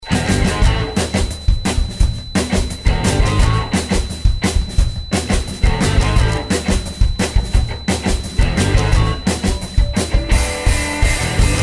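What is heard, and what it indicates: A faint, steady high-pitched whine at 4 kHz, 30 dB, runs beneath loud music throughout, a simulation of tinnitus.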